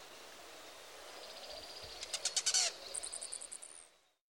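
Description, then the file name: Rufous Hummingbird calls: a quick burst of sharp, rapid chips followed by a run of several thin, very high notes, over steady faint hiss. "Rufous Hummingbird - Selasphorus rufus"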